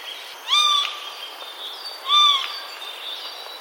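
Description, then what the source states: Eurasian jay calls: two short, flat harmonic notes about one and a half seconds apart, over faint background hiss. Recorded on 30 March 2021.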